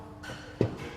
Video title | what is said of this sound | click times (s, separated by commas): Halton Health & Fitness Club : Safe Use of our Kit | lock into place | 0.6 s